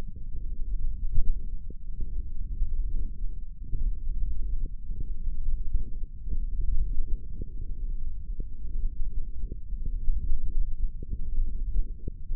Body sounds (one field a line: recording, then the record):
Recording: forearm muscle sounds (acoustic myography)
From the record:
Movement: tripod grip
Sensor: system 1, eight BSWA MPA416 microphones around the upper forearm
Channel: 5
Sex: male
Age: 18 years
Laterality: right